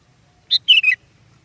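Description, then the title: Sooty-headed bulbul: a single brief phrase of three quick whistled notes, the last two slurring downward. "kutilang"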